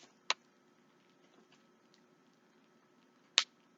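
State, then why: Seated. The plastic coupling ring of an ostomy pouch, already seated in the grooves, is pressed onto the flange of the skin barrier. Two sharp, bright clicks ring out at 0.3 s and 3.4 s over a faint low hum, with only a few tiny ticks in between. The ring snaps on and the pouch is seated.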